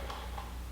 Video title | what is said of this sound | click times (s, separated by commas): How to Install Graves Fender Eliminator on Yamaha FZ-09 by Sportbiketrackgear.com | To get these push pins out, all you have to do is you push in on the center until you hear it click, | 0.1 s